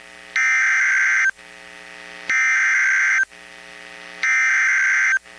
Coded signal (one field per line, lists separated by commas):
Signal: Emergency Alert System (SAME) tones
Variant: header bursts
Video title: Special Marine Warning - EAS #372